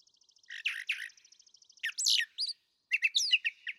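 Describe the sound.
Brown thrasher song starting over a faint rapid ticking, then loud rough chirps and doubled squeaky notes in quick succession.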